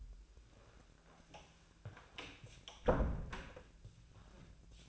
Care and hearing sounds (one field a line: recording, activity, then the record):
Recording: daily activity, microphone in the room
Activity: close door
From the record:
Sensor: 2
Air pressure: 1000.3 hPa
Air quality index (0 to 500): 159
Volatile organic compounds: 3 ppm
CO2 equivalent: 1325 ppm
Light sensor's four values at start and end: 10/25/10/11 and 10/24/10/11